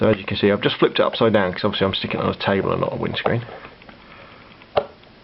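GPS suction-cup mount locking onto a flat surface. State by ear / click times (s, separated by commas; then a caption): seated / 4.8 s. A Garmin Nuvi sat nav's windscreen suction mount is flipped upside down and fixed onto a table instead of a windscreen, and its locking lever is thrown. Someone talks for the first three and a half seconds, then a few faint ticks are followed by a sharp click at 4.8 s as the mount locks into place.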